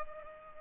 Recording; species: mosquito wingbeat signal from an infrared sensor; Culex pipiens